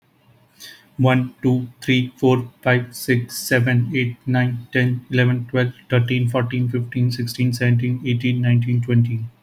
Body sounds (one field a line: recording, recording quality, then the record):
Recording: counting at a fast pace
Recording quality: excellent, no background noise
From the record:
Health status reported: healthy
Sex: male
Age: 20 years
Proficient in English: yes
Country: India